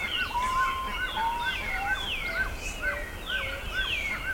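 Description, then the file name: Bird calls with a clear series of short, repeated whistled notes about twice a second, set against a chorus of higher chirps and swooping whistles. "SABIOD 50 bird 2015"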